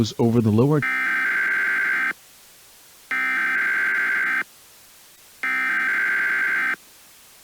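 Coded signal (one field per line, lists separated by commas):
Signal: Emergency Alert System (SAME) tones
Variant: header bursts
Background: speech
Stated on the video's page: Fictional EAS scenario recombined from two parts of an older scenario.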